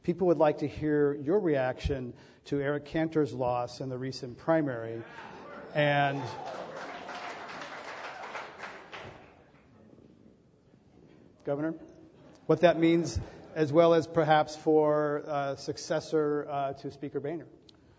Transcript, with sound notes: people would like to hear your reaction to Eric Cantor’s loss in the recent primary and –
[Applause]
Governor? What that means as well as perhaps for a successor to Speaker Boehner.